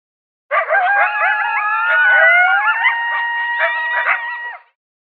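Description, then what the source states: Coyotes howling and yipping together, wavering howls rising and falling under quick, choppy yips, one continuous chorus lasting about four seconds. Locator call.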